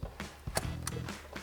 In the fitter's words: So just push that on until it clicks into place,